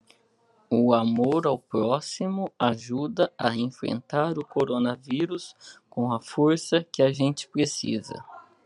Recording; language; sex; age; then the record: spoken sentence; Brazilian Portuguese; male; 30 to 39 years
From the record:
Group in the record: control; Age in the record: 37 years